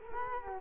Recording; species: mosquito wingbeat signal from an infrared sensor; Culex quinquefasciatus